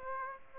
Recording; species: mosquito wingbeat signal from an infrared sensor; Aedes aegypti